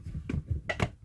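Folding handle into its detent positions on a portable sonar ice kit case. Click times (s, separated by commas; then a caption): 0.3 s, 0.7 s. The folding carry handle on a DIY Garmin Panoptix LiveScope portable ice fishing sonar kit case is dropped down through its two detents. Two sharp clicks are heard at 0.3 s and 0.7 s, with a softer tick just after at 0.8 s, over a low background hum. The handle clicks into its detent positions.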